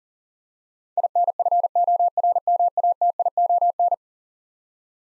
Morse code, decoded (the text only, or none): INFORMATION